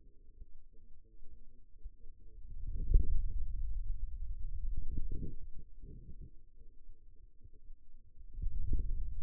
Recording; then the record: forearm muscle sounds (acoustic myography)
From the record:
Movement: hand closing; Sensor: system 2, bracelet of six BSWA MPA416 microphones around the upper forearm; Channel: 3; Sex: male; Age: 22 years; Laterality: right